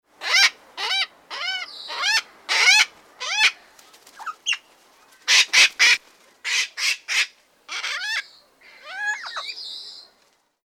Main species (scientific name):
Coracopsis vasa